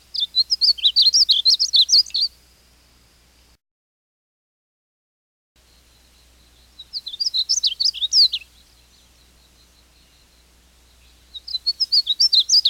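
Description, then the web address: Painted bunting song: quick, sweet warbled phrases of jumbled high notes, given in three bursts separated by a few seconds of quiet, with a faint steady tone between phrases. "101 Bird Songs. Painted Bunting"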